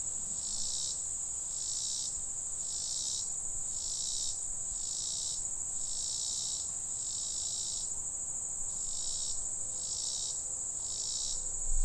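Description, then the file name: Robinson's cicada song: a steady shrill high buzz overlaid with regular pulsing bursts, with soft low background noise. "Robinsons Cicada"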